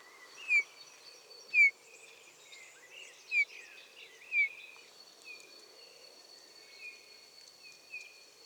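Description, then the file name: Eurasian bullfinch piping calls, short mellow whistles repeated irregularly, with thin high notes and a steady high tone in the background. "Pyrrhula pyrrhula"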